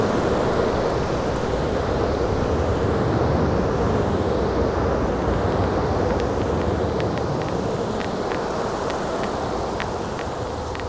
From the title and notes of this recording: Alien Planet Ambiences and Sound Effects.